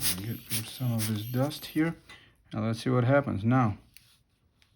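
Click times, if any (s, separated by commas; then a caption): none. Someone talks while cleaning dust from the rewind lever in the top plate of a Pentax K-1000 film SLR camera during a damaged-prism replacement, then quiet handling follows with faint light ticks near 4.0 and 4.6 seconds. The lever is being handled but nothing has seated or snapped back into place yet.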